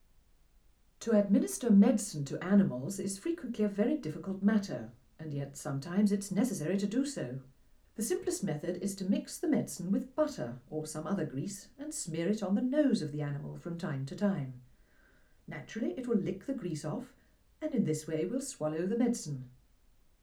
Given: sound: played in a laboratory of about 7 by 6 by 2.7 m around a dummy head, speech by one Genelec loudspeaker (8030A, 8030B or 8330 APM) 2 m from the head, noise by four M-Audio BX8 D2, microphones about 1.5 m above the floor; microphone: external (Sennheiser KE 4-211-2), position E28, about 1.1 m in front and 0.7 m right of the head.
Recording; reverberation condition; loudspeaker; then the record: female speech in English; low; 90 degrees to the right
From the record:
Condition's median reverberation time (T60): about 310 ms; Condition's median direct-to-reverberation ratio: about 3.5 dB